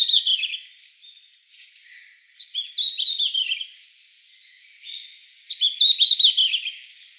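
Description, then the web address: Red-flanked bluetail giving a few short, high warbled phrases spaced a couple of seconds apart, with quieter notes between. Recorded on 11 December 2016. "birdenaga ruribitaki S 161211"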